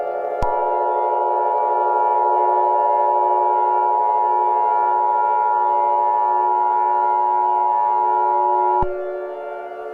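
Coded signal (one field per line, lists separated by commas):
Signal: Emergency Alert System (SAME) tones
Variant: 853 and 960 Hz attention tone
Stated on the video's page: Fictional alert scenario, not a real broadcast.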